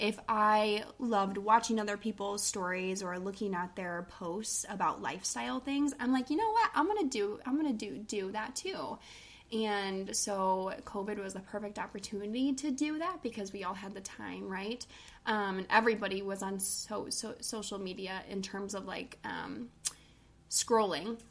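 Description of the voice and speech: Adult woman speaking with a mild stutter she has had since childhood: part-word repetitions ("so-so-so-social"), syllable and phrase repeats ("do-do that"), and drawn-out sounds.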